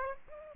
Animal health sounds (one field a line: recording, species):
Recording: mosquito wingbeat signal from an infrared sensor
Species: Aedes aegypti